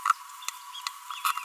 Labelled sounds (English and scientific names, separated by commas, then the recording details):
Green-rumped Parrotlet (Forpus passerinus) babbling
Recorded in a nest box in Venezuela
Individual 18B25A5